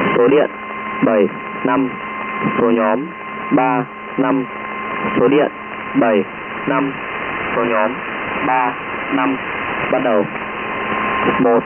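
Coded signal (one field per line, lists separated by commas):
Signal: numbers station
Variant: V30, Vietnamese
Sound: a voice reads short Vietnamese words and numbers in even rhythm over steady tones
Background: radio static, steady hum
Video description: Vietnamese numbers station Enigma ID V30, on its normal frequency of 10255 kHz and at its normal tie of about 1600 UTC (in this case 1559 UTC start time).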